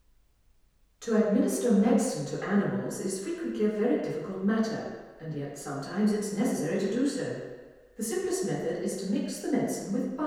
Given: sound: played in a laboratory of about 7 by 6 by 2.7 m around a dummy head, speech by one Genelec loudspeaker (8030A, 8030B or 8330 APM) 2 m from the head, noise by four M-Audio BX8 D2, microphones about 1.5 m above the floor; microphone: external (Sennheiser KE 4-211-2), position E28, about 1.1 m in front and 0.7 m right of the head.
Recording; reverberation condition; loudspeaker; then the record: female speech in English; high; 90 degrees to the left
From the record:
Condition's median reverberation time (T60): about 1300 ms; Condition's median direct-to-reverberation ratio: about -4.0 dB